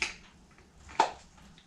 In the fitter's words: bit of pressure pops right in new